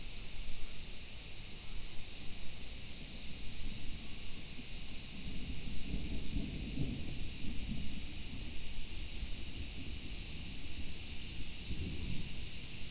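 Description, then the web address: Cicada droning steadily, a high, even buzz without pauses, with soft low-pitched background noise in places. Recorded 8 August 2019. "fukudai fu-cicada 190808"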